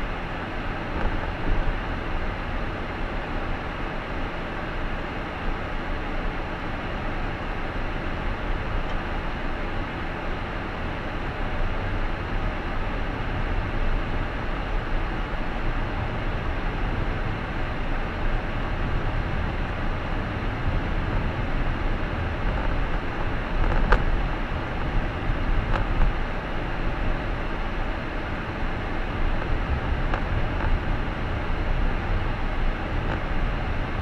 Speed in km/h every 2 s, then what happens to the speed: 22, 25, 29, 30, 31, 32, 34, 35, 36, 37, 38, 37, 37, 37, 37, 38, 39.
0-15 speeds up to 36. 15-34 steady at about 37.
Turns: none.